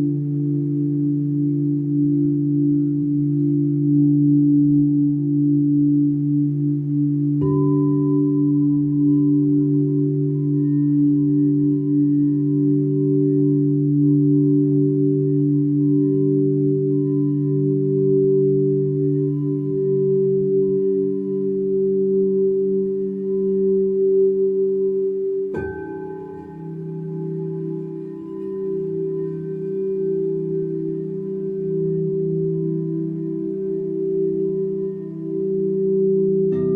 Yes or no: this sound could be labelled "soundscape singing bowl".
yes